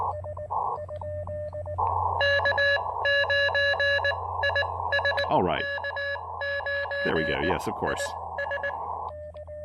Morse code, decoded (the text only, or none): K9IS K9IS